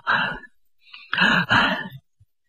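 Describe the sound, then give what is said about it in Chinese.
A storyteller's voice imitates Wu Dalang's heavy, labored panting: one rough breathy huff, a faint short intake, then two longer, louder strained exhalations in quick succession, with no words spoken. “武大郎还在那喘气儿呢。”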